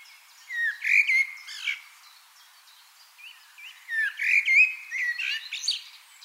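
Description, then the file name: Common blackbird song: two warbled phrases of gliding, mid-pitched notes mixed with thin, high twitters, separated by a quiet pause. "Turdus merula"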